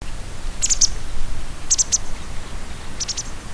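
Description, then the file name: White Wagtail calls: three quick groups of sharp, very high chips, about a second apart, over steady background noise. "hakusekirei"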